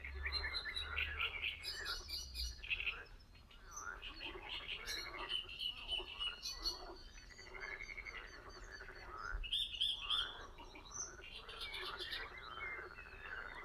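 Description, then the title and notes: Frogs croaking in a dense chorus of repeated rasping calls, mixed with busy bird chatter. Spring frogs with great reed warblers at a very old pond. "Water birds (Great reed warbler) and frogs sounds at the very old pond. Sounds of the earth"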